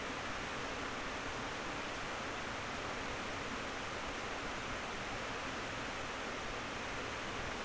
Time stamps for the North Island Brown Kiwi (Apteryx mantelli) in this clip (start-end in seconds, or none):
none